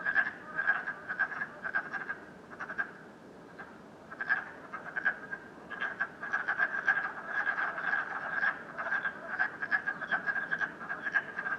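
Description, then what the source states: Frogs croaking in a chorus that fades briefly near the middle before the rapid pulsed calls resume at full strength. Frogs croaking at night in Canada, recorded during COVID-19.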